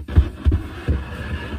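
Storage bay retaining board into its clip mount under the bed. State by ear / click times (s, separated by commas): not seated / none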